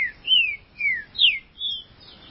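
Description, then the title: Green-winged saltator song of several bright, slurred whistles, mostly falling, given in a brisk rhythmic phrase. "Trinca Ferro"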